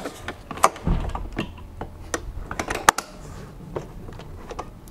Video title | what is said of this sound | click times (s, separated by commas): Rant Drive – автокресло с рождения до 12 лет | достаточно просто выдвигаете защёлкиваете | 0.6 s, 2.9 s